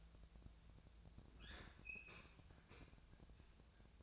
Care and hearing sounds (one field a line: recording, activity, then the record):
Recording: daily activity, microphone in the room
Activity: open fridge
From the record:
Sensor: 2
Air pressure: 999.9 hPa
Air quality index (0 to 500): 126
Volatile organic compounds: 2 ppm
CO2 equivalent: 1078 ppm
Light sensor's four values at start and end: 33/81/35/39 and 32/81/35/38